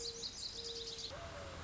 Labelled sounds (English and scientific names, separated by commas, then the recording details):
Mourning Dove (Zenaida macroura)
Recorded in Sonoma County, California